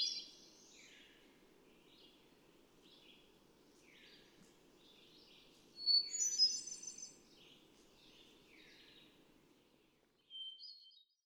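Hermit thrush singing softly: faint ringing phrases, one louder fluttering cascade in the middle, then a brief high fragment, against faint steady background noise.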